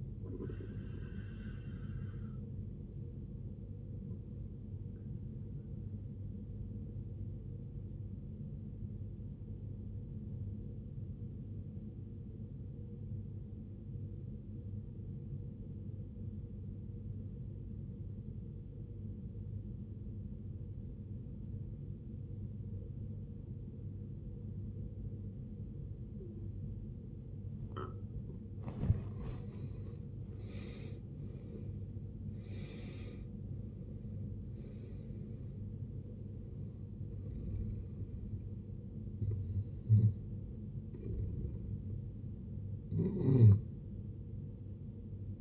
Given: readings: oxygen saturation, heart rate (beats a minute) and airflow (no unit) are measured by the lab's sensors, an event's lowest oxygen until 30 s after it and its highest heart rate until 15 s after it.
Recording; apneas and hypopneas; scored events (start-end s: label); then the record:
breathing in sleep by a smartphone at the bedside; 1
12.00-30.00 s: obstructive apnea (N1, oxygen 94% highest, then 79% lowest, heart rate 70 at the start, 81 highest)
17.00-45.41 s: new sleep stage, N2 (light sleep)
From the record:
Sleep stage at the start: N1 (lightest sleep); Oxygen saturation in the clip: 78 to 94%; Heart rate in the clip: 56 to 81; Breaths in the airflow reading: 7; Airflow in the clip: -19.8 to 17.1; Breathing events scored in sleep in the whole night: 389 in 6.3 hours asleep